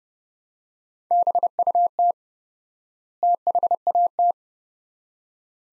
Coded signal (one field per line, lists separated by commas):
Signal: Morse code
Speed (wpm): 29 wpm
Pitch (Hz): 700 Hz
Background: none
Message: BUT THAT